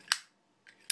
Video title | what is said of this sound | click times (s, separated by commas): United States Marine Corps Zippo Lighter | you might see that nice little click here | 0.1 s